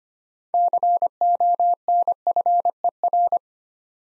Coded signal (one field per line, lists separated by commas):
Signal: Morse code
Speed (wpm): 25 wpm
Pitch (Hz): 700 Hz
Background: none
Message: CONFER